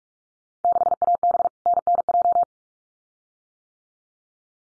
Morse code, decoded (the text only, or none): 6AB NNJ